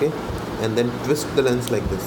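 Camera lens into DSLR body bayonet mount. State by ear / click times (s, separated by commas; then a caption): not seated / none. A camera lens is twisted on the bayonet mount of a Nikon D3100 DSLR body after its dot has been aligned with the white dot on the body, while someone talks. Only handling sounds are heard under the voice, and nothing has seated or clicked yet.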